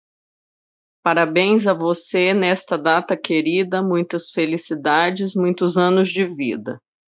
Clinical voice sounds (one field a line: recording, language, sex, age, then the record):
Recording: short text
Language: Brazilian Portuguese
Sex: female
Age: 40 to 49 years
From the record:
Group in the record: control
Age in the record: 41 years